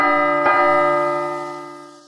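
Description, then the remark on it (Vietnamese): A large bell tolls twice in quick succession from the direction of the council hall, its deep, rich overtones ringing out and slowly fading away. There is no talking. “Lời Hàn Lập vừa nói xong thì hai tiếng chuông lớn từ hướng nghị sự điện truyền đến.”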